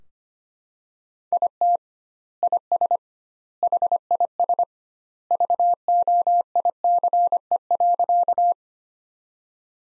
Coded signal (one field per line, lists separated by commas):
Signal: Morse code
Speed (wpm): 25 wpm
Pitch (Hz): 700 Hz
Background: none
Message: IT IS HIS VOICE.